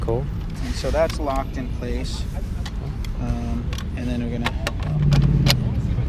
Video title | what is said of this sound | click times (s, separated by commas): Riese & Müller Homage GT Touring HS Review - $6.8k | we go you got and you hear that audible click that's really important if you don't hear that it's actually not locked in place and it could fall off the bike | 5.5 s